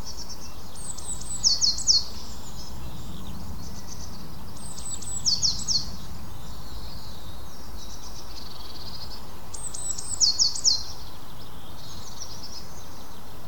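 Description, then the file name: Eurasian blue tit calling in three high, thin bursts of falling notes with a brief sharp stutter at the end, a few seconds apart, above a constant low rumble. "Cyanistes caeruleus"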